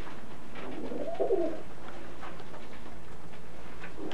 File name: Baldia Alfred mit seinen Tümmler Tauben im Jahre 1984